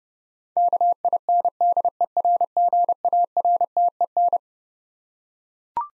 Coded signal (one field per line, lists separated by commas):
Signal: Morse code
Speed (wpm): 30 wpm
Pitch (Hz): 700 Hz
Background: none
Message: KINDERGARTEN